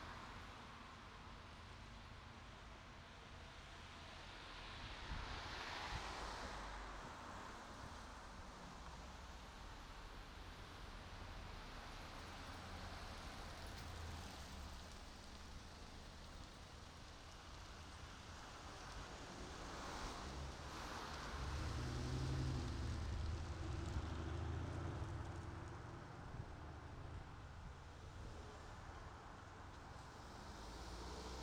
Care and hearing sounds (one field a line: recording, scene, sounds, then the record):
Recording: everyday scene through a hearing-aid microphone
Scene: in traffic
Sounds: traffic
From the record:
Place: city secondary road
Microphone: in the ear canal, right